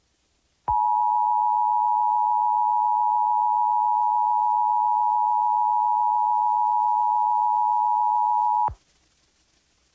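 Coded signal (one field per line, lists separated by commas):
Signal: Emergency Alert System (SAME) tones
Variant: 853 and 960 Hz attention tone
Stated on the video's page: Fictional EAS scenario made for entertainment.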